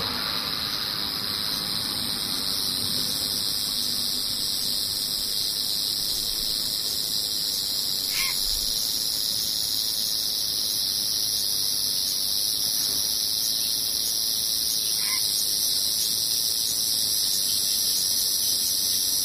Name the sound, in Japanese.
セミ